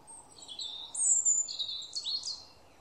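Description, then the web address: Bird calls: a high thin whistle and a couple of sharp, down-slurred high notes. "cianscape birddata Deverinetal 2025"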